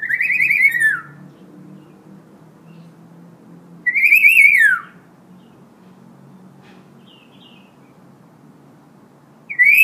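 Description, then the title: Hill myna giving loud, clear whistles that rise slightly and then fall, three of them at intervals of several seconds, with quiet hum between. Actively singing (gacor) hill myna, recorded as a tutor recording (masteran) for training other birds. "Suara Burung Beo Gacor Cocok Untuk Masteran"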